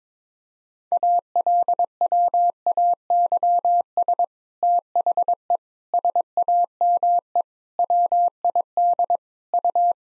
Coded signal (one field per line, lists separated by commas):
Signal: Morse code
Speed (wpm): 22 wpm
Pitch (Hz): 700 Hz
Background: none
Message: ALWAYS THE SAME WID U